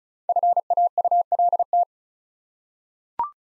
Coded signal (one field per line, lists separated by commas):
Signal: Morse code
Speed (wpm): 36 wpm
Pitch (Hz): 700 Hz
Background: none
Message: FAULT